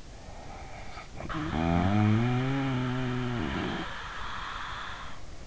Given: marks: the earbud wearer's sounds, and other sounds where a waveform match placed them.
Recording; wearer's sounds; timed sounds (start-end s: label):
sounds in sleep by an in-ear microphone; snoring breath
0.28-5.47 s: snoring breath